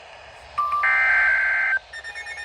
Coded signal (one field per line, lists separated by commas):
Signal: Emergency Alert System (SAME) tones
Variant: header bursts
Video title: EAS Severe Thunderstorm Warning on NOAA Radios (8/3/2022) EAS #161